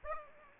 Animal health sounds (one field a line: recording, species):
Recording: mosquito wingbeat signal from an infrared sensor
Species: Aedes aegypti